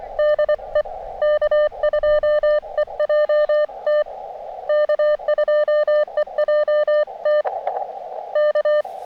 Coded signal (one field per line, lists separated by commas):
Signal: Morse code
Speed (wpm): 25 wpm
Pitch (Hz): 600 Hz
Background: none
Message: DE K2EJT K2EJT K